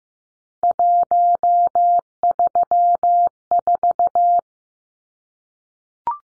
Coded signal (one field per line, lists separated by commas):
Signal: Morse code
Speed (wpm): 15 wpm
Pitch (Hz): 700 Hz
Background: none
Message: 134